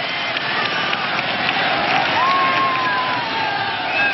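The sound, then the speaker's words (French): A large crowd in São Paulo, Brazil, applauds and cheers a funeral procession, following behind the cortege in a steady, unbroken roar, with a thin, high whistle gliding above the din for a few seconds. “Spontanément, la foule a grossi derrière le cortège, une marche funèbre digne d'un champion du monde.”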